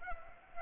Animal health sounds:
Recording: mosquito wingbeat signal from an infrared sensor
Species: Culex pipiens

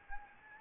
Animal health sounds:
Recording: mosquito wingbeat signal from an infrared sensor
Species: Anopheles arabiensis

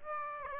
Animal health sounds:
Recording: mosquito wingbeat signal from an infrared sensor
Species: Aedes aegypti

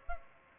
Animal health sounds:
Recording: mosquito wingbeat signal from an infrared sensor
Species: Aedes aegypti

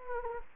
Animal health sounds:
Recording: mosquito wingbeat signal from an infrared sensor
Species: Anopheles gambiae

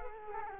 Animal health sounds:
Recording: mosquito wingbeat signal from an infrared sensor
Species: Culex quinquefasciatus

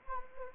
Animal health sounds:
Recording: mosquito wingbeat signal from an infrared sensor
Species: Anopheles arabiensis

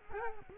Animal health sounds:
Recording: mosquito wingbeat signal from an infrared sensor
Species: Culex quinquefasciatus

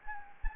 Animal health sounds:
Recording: mosquito wingbeat signal from an infrared sensor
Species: Anopheles gambiae

